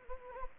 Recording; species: mosquito wingbeat signal from an infrared sensor; Anopheles gambiae